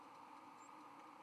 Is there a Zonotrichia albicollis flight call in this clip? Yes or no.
no